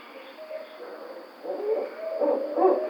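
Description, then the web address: Barred owl: a faint wavering hoot, then excited cackling notes that grow louder. 5 June 2009. "Barred Owl 2009 06 05"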